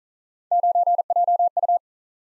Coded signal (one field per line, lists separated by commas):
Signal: Morse code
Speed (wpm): 44 wpm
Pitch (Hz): 700 Hz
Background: none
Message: 9JU